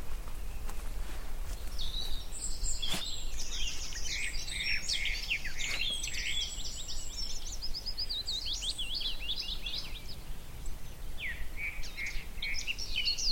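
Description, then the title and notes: Garden warbler singing a long, rapid warble of slurred fluty phrases, with a few sharp clicks and a continuous low rumble underneath. Male, singing fluted song in spring on a scrubby hillside with hawthorns in bloom; migrant species; song described as rather frenetic. "the little-known song of the garden warbler. by Fergus Collins"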